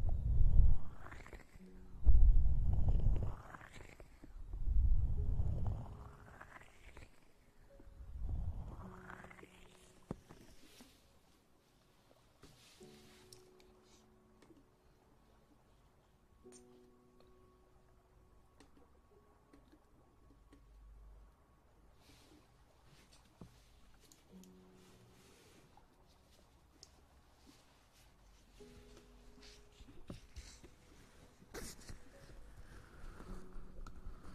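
Ear eating and ear massage: for the first ten seconds, loud wet sweeping rubs swell and fade about every two to three seconds. Afterward the sound drops to quieter soft clicks, mouth noises and faint rustling, with a few sharper taps near thirty seconds.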